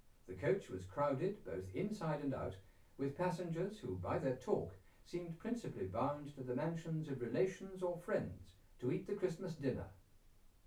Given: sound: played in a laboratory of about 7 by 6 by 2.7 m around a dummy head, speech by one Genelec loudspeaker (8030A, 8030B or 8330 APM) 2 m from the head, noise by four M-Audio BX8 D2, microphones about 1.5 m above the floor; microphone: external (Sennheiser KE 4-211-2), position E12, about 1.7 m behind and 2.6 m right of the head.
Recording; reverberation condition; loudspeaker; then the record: male speech in English; low; 150 degrees to the left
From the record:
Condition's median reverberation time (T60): about 310 ms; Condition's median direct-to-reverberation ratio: about 3.5 dB